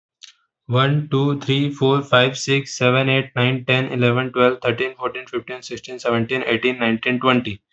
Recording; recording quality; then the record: counting at a fast pace; excellent, no background noise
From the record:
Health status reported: healthy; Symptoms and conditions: none ticked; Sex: male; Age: 21 years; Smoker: not ticked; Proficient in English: no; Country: India